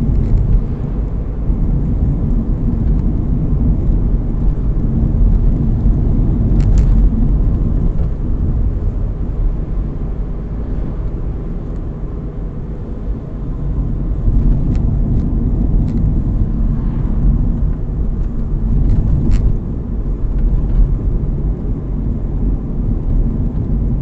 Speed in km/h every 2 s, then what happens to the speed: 61, 62, 62, 62, 62, 62, 60, 57, 54, 52, 53, 53.
0-10 steady at about 62. 10-18 slows to 52. 18-24 steady at about 53.